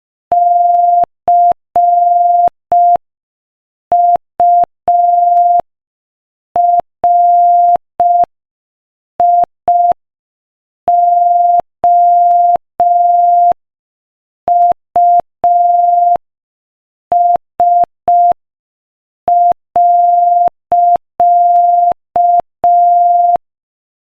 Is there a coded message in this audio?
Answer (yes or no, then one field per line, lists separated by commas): yes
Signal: Morse code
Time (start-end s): 0.3-23.4 s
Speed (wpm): 5 wpm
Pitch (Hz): 700 Hz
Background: none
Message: CURIOUS.